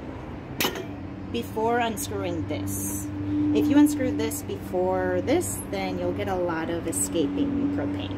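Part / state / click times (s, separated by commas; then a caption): propane cylinder in camp stove regulator / released / 0.6 s. A small propane cylinder is unscrewed from a camp stove regulator and pops off as it comes free, with a sharp pop at 0.6 s. After that, someone talks over a low steady hum.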